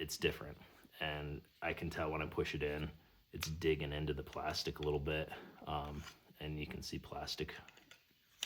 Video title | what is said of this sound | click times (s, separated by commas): MKC Unboxing: Stoned Goat and Speedgoat + Rewilding - Montana Knife Company🗡️ | But doesn't have that positive click, but it does go in, does work. | none